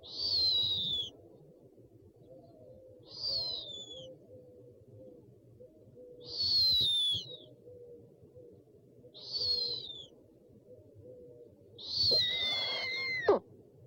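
Owl calls: five high, thin, descending whistles, evenly spaced.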